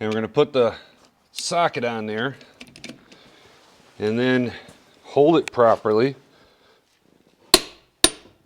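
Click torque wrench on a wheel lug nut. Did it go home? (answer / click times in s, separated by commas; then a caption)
yes / 7.5 s, 8.0 s. A click-type torque wrench with a socket on it tightens a camper wheel lug nut, with the wrench set to its torque value. Someone talks at first, then a few faint clicks are heard around 2.6–3.1 s, followed by two loud sharp clicks at 7.5 s and 8.0 s. Those loud clicks show the set torque has been reached and the lug nut is tight enough.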